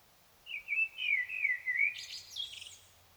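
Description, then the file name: Common blackbird singing one phrase: a low, fluty warble that ends in a squeaky, high twitter. "Turdus merula"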